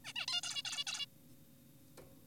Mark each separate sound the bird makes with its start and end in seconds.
0.05-0.13, 0.16-0.26, 0.28-0.41, 0.43-0.63, 0.65-0.84, 0.87-1.06